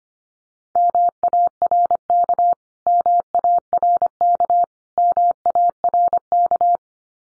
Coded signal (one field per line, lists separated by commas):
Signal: Morse code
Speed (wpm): 25 wpm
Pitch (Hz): 700 Hz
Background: none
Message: MARK MARK MARK